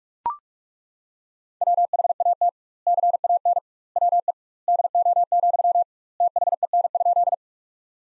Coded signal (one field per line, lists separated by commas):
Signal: Morse code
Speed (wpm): 41 wpm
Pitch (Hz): 700 Hz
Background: none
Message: WHAT CAN WE DO, THEN?